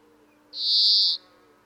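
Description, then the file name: European greenfinch uttering a single nasal, buzzy wheeze lasting over half a second, steady in pitch, over a quiet low background hum. "Chloris chloris"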